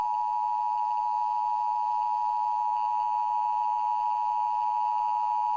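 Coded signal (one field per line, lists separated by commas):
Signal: Emergency Alert System (SAME) tones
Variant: 853 and 960 Hz attention tone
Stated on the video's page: NOAA Weather Radio tornado drills and severe weather preparedness statements for North and South Carolina; alerts may contain valid EAS tones.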